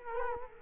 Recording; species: mosquito wingbeat signal from an infrared sensor; Culex quinquefasciatus